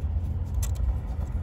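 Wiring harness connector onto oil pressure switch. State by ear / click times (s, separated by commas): not seated / none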